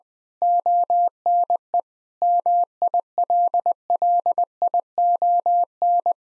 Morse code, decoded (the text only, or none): ONE MILLION